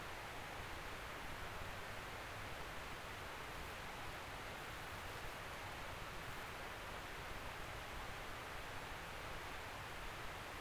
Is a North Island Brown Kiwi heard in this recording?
no